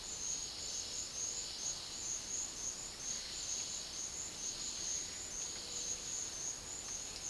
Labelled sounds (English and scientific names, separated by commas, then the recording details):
none
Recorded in dense forest near Puerto Asís, Putumayo, Colombia, on 18 February 2024 at 11:00
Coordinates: 0.500, -76.322
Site G6465